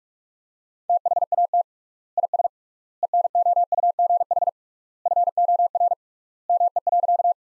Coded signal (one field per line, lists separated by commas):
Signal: Morse code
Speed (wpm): 44 wpm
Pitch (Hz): 700 Hz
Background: none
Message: THAT IS ENOUGH FOR ME.